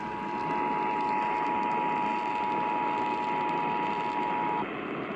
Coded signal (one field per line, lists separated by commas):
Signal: Emergency Alert System (SAME) tones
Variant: 853 and 960 Hz attention tone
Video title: LATE RELAYS AND EPIC FAILS... EAS Tests from 10/4/21-10/27/21 (EAS #759-793)